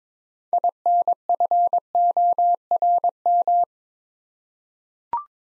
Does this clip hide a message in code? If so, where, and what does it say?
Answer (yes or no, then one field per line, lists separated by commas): yes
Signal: Morse code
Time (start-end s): 0.5-3.6 s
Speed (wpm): 22 wpm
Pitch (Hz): 700 Hz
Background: none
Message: INFORM